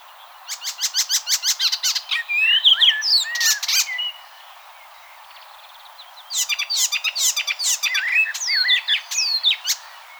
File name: Hippolais icterina